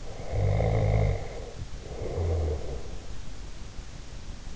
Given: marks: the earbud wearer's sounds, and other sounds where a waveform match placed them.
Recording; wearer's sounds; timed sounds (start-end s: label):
sounds in sleep by an in-ear microphone; snoring breath
0.00-3.11 s: snoring breath